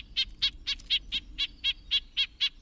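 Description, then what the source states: Red-breasted nuthatch giving rapid nasal calls: short, tinny 'yank' notes repeated about four times a second in an even series. Rapid series of calls that keep a nasal edge; calls transcribed as yank, yank.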